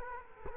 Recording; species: mosquito wingbeat signal from an infrared sensor; Culex quinquefasciatus